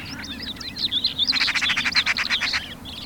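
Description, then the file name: Eurasian magpie dry, rapid rattle lasting just over a second, following a run of twisting squeaky chirps and whistles, over a steady low rumble. "Pica pica"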